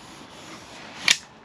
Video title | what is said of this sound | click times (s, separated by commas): Arbalète à poulies EK Archery BLADE 175livres vs Gilet NIJ2 ! Impressionnant ! | tu es armé la sûreté vient de s'enclencher et | 1.1 s